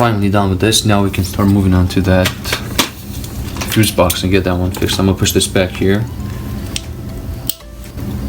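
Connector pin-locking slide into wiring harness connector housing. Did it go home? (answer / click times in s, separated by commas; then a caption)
yes / 6.8 s, 7.5 s. Someone talks while pushing the plastic pin-locking slide of a wiring harness connector on the fuse box of a 2018 Ford Focus ST back into the connector housing. Sharp clicks at 6.8 s and 7.5 s mark the slide locking into place, and the connector pin lock is seated.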